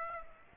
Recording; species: mosquito wingbeat signal from an infrared sensor; Aedes aegypti